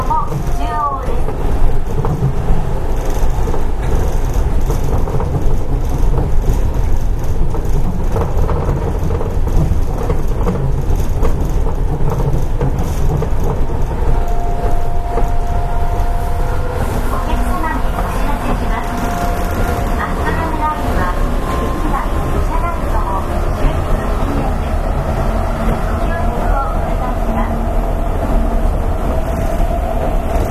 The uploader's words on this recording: アストラムライン 6000系 広域公園前から本通まで. It is the running sound of the Astram Line 6000 train in Hiroshima City. The section is from Koiki-koen-mae to Hondori.